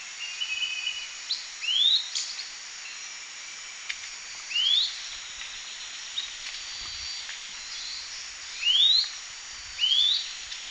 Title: LuckyPassaro Completos2Sama. Long-tailed Tyrant (Colonia colonus)